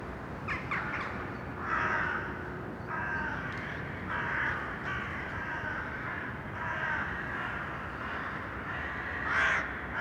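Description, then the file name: Crows giving a loose series of raspy caws spaced a second or two apart, against constant low background noise. Crows in an urban setting. "Detunized - Urban Crows"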